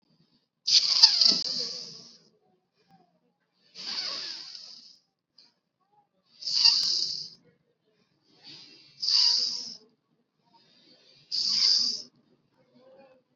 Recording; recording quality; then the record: deep breathing; excellent, no background noise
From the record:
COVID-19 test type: RT-PCR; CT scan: not taken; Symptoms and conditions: none ticked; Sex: female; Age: 20 years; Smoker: no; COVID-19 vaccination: both doses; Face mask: worn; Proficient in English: yes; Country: India